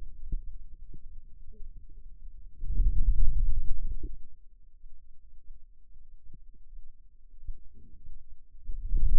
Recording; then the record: forearm muscle sounds (acoustic myography)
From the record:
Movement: hand opening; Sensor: system 2, bracelet of six BSWA MPA416 microphones around the upper forearm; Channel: 2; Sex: male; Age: 22 years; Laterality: right